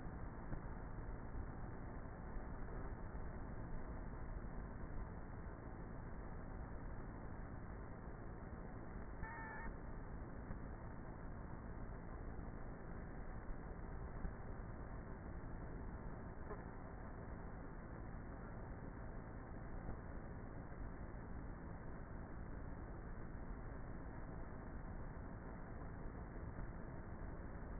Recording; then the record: honeybee colony, microphone inside the hive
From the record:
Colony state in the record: queenless with a low population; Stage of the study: before two queens were removed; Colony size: about 30,000 bees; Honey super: no